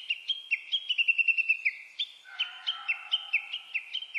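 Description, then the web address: Japanese bush warbler delivering rapid, repeated high slurred notes in two runs, with a fainter, lower sound joining in the second half. Recorded on 29 April 2001. "2001 010429 uguisu"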